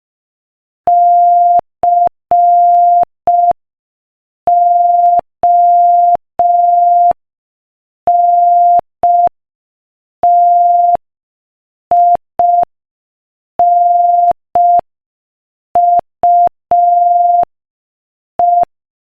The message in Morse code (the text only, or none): CONTINUE